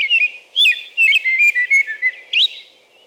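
American robin giving a quick series of clear whistled notes, closing with one rising phrase.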